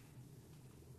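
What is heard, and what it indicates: A quiet, low rumble lasting about a second, with a soft gurgling, slightly tonal quality and no speech over it. This is stomach growling (borborygmi), the ordinary sound of gas and fluid moving through the gut.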